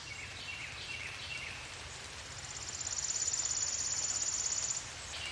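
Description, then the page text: Worm-eating warbler giving one dry, very high rapid trill lasting about two seconds, over steady background hiss. Swan Creek Wetland, Maryland; wetland habitat. "Maryland Biodiversity. Worm-eating Warbler ( Helmitheros vermivorum ) - Swan Creek Wetland--Cox Creek DMCF"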